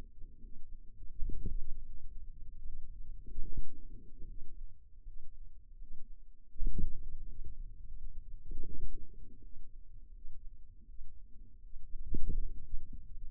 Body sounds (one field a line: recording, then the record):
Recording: forearm muscle sounds (acoustic myography)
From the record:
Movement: wrist flexion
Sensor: system 2, bracelet of six BSWA MPA416 microphones around the upper forearm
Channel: 3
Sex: female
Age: 23 years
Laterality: right